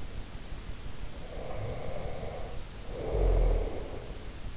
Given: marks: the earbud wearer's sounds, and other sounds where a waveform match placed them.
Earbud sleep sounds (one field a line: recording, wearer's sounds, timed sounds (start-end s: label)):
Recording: sounds in sleep by an in-ear microphone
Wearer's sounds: breath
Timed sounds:
1.32-4.24 s: breath